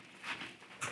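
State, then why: Not seated. A pouch attachment strap clip on a battle belt is handled as the strap is fed through the belt webbing, giving soft rustling handling noise with brief brighter bursts around 0.3 s and 0.8 s. Nothing has seated or clicked yet; the clip has not snapped home.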